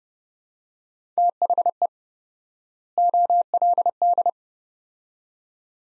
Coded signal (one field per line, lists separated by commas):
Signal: Morse code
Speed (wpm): 30 wpm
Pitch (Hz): 700 Hz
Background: none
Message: THE OLD